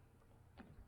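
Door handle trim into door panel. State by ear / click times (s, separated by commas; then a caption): not seated / none. A plastic door handle trim on a Nissan Frontier is lined up with its holes and pressed into the door panel. A low hum runs throughout, with a brief handling sound around 0.6 s and a soft knock near 0.8 s. Nothing has seated or snapped in yet.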